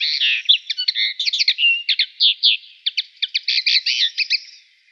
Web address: Schulze Peter Eurasian Linnet song